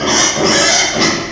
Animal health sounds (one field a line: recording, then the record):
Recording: squeal of a Yucatan mini pig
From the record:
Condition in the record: before surgery on the right vocal fold (resection and tissue-engineered implant)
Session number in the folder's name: 2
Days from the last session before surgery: 0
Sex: male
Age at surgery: 12 weeks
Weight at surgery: 13 kg